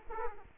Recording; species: mosquito wingbeat signal from an infrared sensor; Aedes aegypti